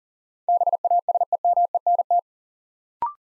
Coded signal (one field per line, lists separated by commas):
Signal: Morse code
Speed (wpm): 40 wpm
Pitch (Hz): 700 Hz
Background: none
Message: BASEMENT